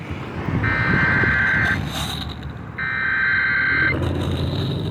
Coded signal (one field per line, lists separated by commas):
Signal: Emergency Alert System (SAME) tones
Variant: header bursts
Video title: Severe Thunderstorm Warning on KEC-60 (EAS #93)